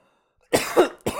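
An adult gives a short coughing bout: three harsh, explosive bursts within about 0.7 seconds, the middle one loudest. The coughs are dry and throaty, with no wheeze or whoop, heard in a quiet indoor room. It is part of repeated, constant coughing attributed to allergies and to dust from cleaning out a vacuum cleaner filter.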